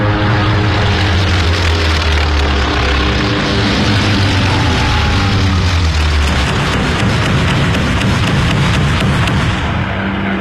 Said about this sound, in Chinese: 首先起飞的是第8鱼雷轰炸机中队。25岁的乔治·盖伊少尉驾驶飞机朝日军舰队俯冲了下去。